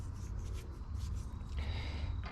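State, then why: Not seated. A small black plastic trim cover is lined up over the light mount screws on the bumper of a 2021 Ford Bronco before being pressed on. Low rumbling handling noise and light rustling fill the clip, with a brief scraping rise around 1.6 s. The cover has not snapped into place yet.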